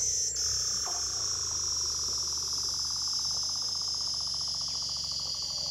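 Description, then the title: Weddell seal underwater calls: a rapid pulsed trill sliding slowly downward beneath a steady high ringing tone, with faint clicks throughout. "Douglas Quin - Weddell Seals (Underwater)"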